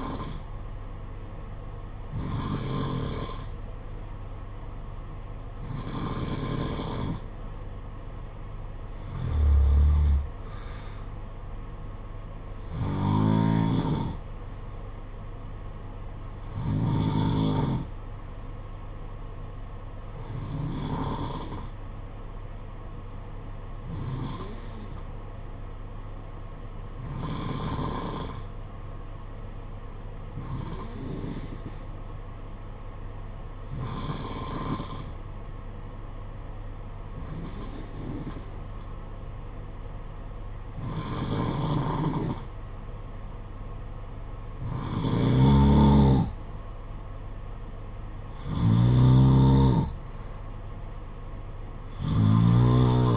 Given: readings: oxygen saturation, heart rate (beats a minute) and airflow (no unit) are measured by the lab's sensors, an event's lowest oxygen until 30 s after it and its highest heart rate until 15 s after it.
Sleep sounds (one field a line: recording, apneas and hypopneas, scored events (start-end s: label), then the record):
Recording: breathing in sleep by a smartphone at the bedside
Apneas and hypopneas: 1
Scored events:
30.00-44.60 s: hypopnea (N2, oxygen 93% highest, then 90% lowest, heart rate 55 at the start, 59 highest)
From the record:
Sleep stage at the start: N2 (light sleep)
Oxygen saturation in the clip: 90 to 93%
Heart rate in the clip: 54 to 60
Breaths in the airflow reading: 15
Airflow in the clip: -8.7 to 5.3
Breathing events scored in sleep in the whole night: 476 in 9.7 hours asleep